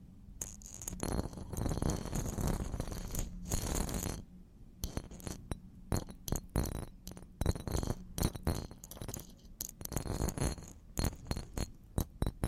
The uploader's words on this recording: TimASMR- Intense hard and soft stabs on the microphone (without speaking).